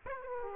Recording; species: mosquito wingbeat signal from an infrared sensor; Aedes aegypti